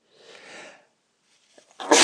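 An adult sneezing during a sneezing fit, with sneezes coming about every 12 to 15 seconds.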